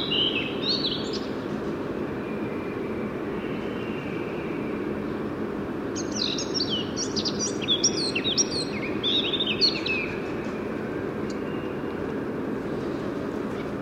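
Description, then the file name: Eurasian blackcap song: a short warbled phrase at the start, then a longer burst of rapid, varied chirping notes midway, over a steady broad background hiss. "Sylvia atricapilla"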